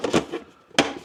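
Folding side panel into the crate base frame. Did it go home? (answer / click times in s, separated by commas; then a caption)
yes / 0.8 s. A folding side wall of a collapsible plastic camping crate is raised and pushed into the crate's base frame, with short handling knocks and rubbing early on. A sharp, loud snap at 0.8 s marks the panel clicking and locking into place, so the side is seated.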